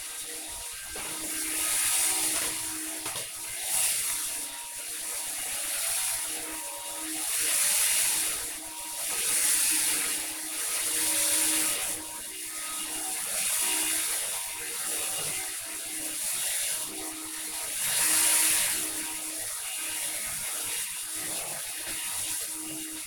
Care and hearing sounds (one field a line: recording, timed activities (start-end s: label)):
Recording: household activities, microphone on the right wrist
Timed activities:
0.00-22.80 s: vacuum cleaning